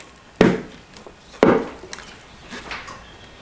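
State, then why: Seated. A rear turn signal lamp housing on a Ford Escape or Mercury Mariner is pushed straight into its opening in the vehicle body until the quarter-inch gap closes. Two sharp clicks land at 0.4 s and 1.4 s, followed by fainter ticks and light rustling. The housing clicks into place and is seated.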